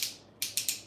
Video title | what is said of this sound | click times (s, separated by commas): CincySlots.com Talking tools and slot car chat. | and when you tighten it down you can hear it click | 0.4 s